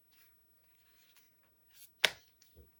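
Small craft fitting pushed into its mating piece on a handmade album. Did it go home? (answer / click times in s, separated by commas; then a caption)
yes / 2.0 s. While a paper and chipboard mini album is being assembled, two pieces are pushed in one after the other, and a small craft fitting is pressed into its mating piece on the handmade album. Soft rustling and light handling sounds come first, then a sharp, bright click at 2.1 seconds as the part seats into place, solving the problem.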